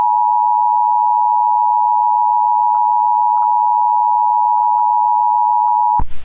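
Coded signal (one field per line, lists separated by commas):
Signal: Emergency Alert System (SAME) tones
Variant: 853 and 960 Hz attention tone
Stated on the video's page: EAS tones in a fictional train derailment scenario, stated to be fake but containing valid tones.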